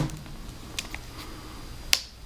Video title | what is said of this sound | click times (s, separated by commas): Laptop Screen Replacement / How to Replace Laptop Screen HP 14-AX010CA | So I don't know if you guys could pick it up on camera, but there's an actual audible click | 1.9 s